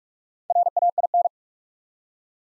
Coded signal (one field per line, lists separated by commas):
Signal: Morse code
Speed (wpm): 45 wpm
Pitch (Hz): 700 Hz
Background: none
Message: RAIN